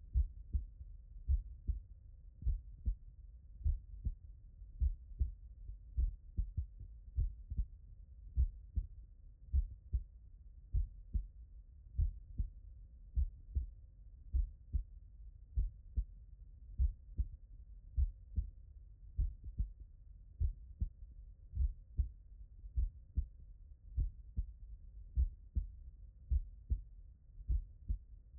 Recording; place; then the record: heart sounds by stethoscope; tricuspid valve (TV)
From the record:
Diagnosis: non-HFrEF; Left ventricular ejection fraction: 69%